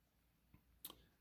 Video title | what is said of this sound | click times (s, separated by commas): Star Wars: The Black Series Deluxe Boba Fett Needless Unboxing | It doesn't go in any specific way, which I like. Just pops right in there. | 0.8 s